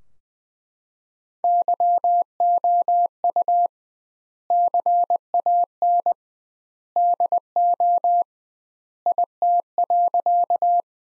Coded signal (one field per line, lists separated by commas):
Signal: Morse code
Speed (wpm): 20 wpm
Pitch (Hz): 700 Hz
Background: none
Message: YOU CAN DO IT.